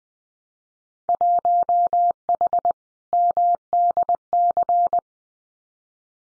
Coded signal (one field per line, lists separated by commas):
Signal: Morse code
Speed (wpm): 20 wpm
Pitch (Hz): 700 Hz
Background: none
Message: 1H MDC